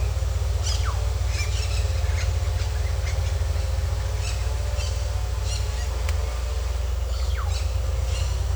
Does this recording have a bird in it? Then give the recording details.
yes. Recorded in secondary vegetation near Puerto Asís, Putumayo, Colombia, on 21 December 2024 at 08:00. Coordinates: 0.468, -76.324. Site G095